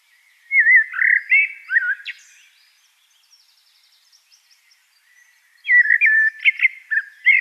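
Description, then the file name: Eurasian blackbird song: one warbled fluty phrase opens, a few seconds of near silence follow, then a second liquid phrase begins. "Turdus merula"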